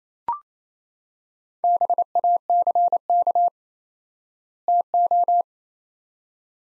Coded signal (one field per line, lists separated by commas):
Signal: Morse code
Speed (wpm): 28 wpm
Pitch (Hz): 700 Hz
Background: none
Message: BACK TO